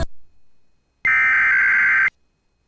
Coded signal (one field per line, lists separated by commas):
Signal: Emergency Alert System (SAME) tones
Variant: header bursts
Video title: [EAS] Winter Storm Warning Extention For Fargo-Moorhead Area